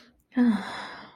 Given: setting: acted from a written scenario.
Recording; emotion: vocal sound without words; contentment